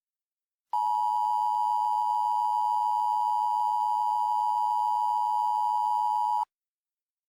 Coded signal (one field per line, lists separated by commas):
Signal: Emergency Alert System (SAME) tones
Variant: 853 and 960 Hz attention tone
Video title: EAS Mock 9: Hollowed Out